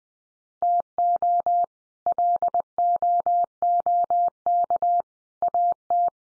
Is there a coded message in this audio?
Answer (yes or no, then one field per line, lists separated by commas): yes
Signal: Morse code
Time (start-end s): 0.6-6.1 s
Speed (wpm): 20 wpm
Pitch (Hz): 700 Hz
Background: none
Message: TO LOOK AT